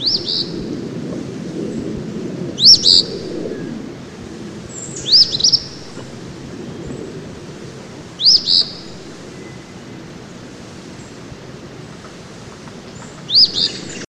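Eastern phoebe repeating a quick raspy two-note phrase at irregular intervals, five phrases in total, with soft low rumbling beneath.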